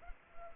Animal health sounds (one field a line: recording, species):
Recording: mosquito wingbeat signal from an infrared sensor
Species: Culex pipiens